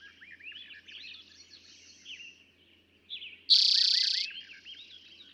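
Eastern towhee song: one bright, rapid trill bursting out after several seconds of faint, varied chirps.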